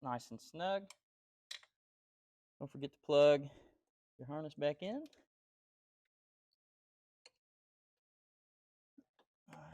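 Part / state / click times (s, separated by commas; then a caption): wiring harness connector onto ignition coil / seated / 7.3 s. Someone talks while working on an Infiniti G35 ignition coil swap; after the new ignition coil is bolted down, the plastic wiring harness connector is pushed onto the coil. It clicks into place at 7.3 s, and is then given a small tug to check it is not loose.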